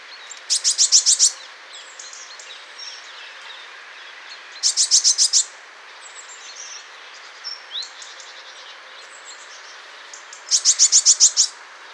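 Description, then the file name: Eurasian blue tit repeating a high, fast trill of about six to eight sharp notes roughly every five seconds, with soft thin calls in between. "Cyanistes caeruleus"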